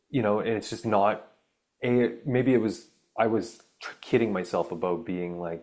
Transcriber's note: none